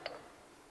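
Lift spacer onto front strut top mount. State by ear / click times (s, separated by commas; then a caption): seated / 0.1 s. An aluminium lift spacer for a Peugeot 107 is set onto the front strut's top mount, its recess fitting over the mount. A single short, sharp tick is heard at 0.1 s and then fades quickly, and the spacer locks in place on the mount.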